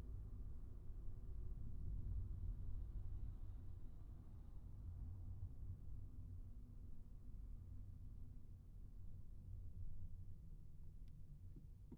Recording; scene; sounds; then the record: everyday scene through a hearing-aid microphone; in a vehicle; engine, highway traffic jam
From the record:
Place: Skoda Fabia, gasoline engine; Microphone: behind the ear, right, front